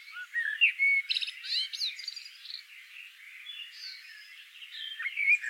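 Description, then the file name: Common blackbird singing a run of jumbled whistles and squeaky twitters, loud at first, then softer rambling notes before a brighter closing phrase. "Turdus merula"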